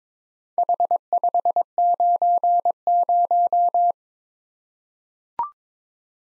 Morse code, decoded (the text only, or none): H590